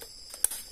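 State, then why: Seated. A black plastic wiring harness connector on the right side is pushed into the socket of a Kijang speedometer instrument cluster during a repair of an erroring speedometer. A faint tap comes at 0.3 s, then a sharp, bright click at 0.4 s. The connector latches and is seated.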